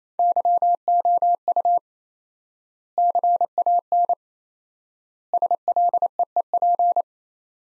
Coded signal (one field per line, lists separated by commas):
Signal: Morse code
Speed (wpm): 28 wpm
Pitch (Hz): 700 Hz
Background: none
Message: YOU CAN SLEEP